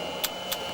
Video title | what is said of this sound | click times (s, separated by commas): CRS Secouristes en montagne | je vérifie que le clapet antiretour soit bien verrouillé et là la victime est prête à évacuer | 0.2 s, 0.5 s